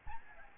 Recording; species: mosquito wingbeat signal from an infrared sensor; Aedes albopictus